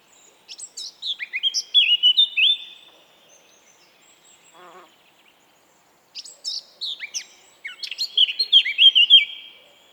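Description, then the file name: Eurasian blackcap singing two phrases about six seconds apart, each a fast chattering warble rising into loud, clear fluty whistled notes. "Sylvia atricapilla"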